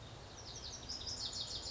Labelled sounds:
Lazuli Bunting (Passerina amoena)
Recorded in Sonoma County, California

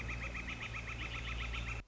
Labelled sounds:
Northern Flicker (Colaptes auratus)
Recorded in Sonoma County, California

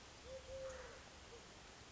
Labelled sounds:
Eurasian Collared Dove (Streptopelia decaocto)
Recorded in Sonoma County, California

